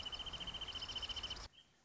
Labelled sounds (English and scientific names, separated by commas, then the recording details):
Wrentit (Chamaea fasciata)
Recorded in Sonoma County, California